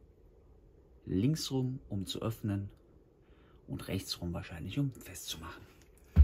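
Someone talks while handling the plastic air filter of a Stihl MS251 chainsaw at its filter housing, turning it clockwise to fasten it. A short, louder sound comes right at the end, around 6.0–6.2 s. Nothing has seated or clicked yet.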